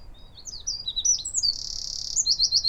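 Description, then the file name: Eurasian wren song: a burst of high, sharp twittering notes flowing into a fast buzzy trill and ending with a quick rattling series. "Troglodytes troglodytes"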